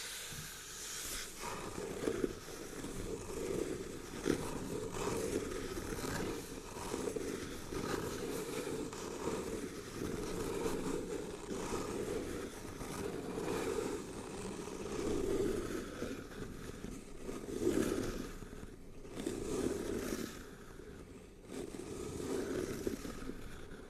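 Scratching and rubbing on a cardboard box, a dense, continuous rasp with a rough low rumble under a hissy top. The strokes swell and fade in uneven waves every second or two, with a few sharper scrapes near 2, 15 and 19 seconds.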